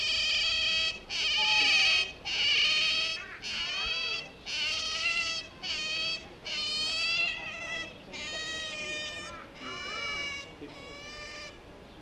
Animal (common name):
European Otter